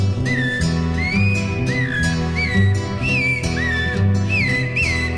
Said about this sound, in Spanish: Canta el zorzal.